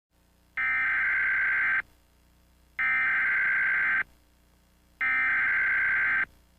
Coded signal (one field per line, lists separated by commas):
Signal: Emergency Alert System (SAME) tones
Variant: header bursts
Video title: EAS Alarms of Around the World (REAL Alarms)